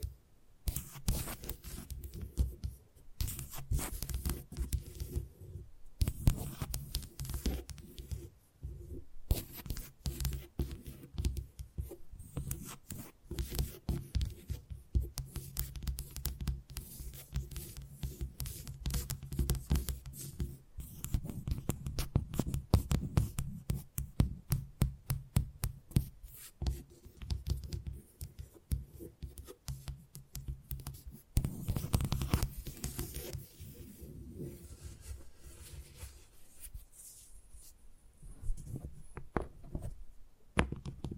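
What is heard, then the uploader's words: Tapping and scratching on hard surfaces, rapid irregular clicks in dense bursts with a few brief pauses throughout. ASMR Brain Tingly Tapping Sounds for Sleep (No Talking).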